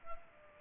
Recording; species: mosquito wingbeat signal from an infrared sensor; Culex pipiens